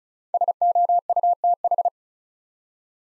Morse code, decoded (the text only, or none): SOUTH